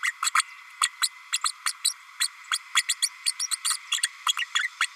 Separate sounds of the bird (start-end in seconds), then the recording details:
0.03-0.12, 0.22-0.30, 0.35-0.42, 0.81-0.88, 1.01-1.08, 1.32-1.38, 1.44-1.52, 1.66-1.72, 1.84-1.93, 2.20-2.28, 2.51-2.58, 2.75-2.83, 2.88-2.95, 3.02-3.10, 3.26-3.32, 3.39-3.48, 3.51-3.56, 3.64-3.77, 3.91-4.02, 4.26-4.33, 4.38-4.46, 4.54-4.68, 4.80-4.87. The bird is a female. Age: 32 days. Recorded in a nest box in Venezuela. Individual 17B32A5